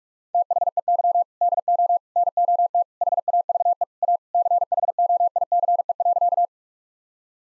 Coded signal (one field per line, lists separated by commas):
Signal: Morse code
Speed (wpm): 41 wpm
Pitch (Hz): 700 Hz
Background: none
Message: THEY DO NOT HAVE A CHOICE.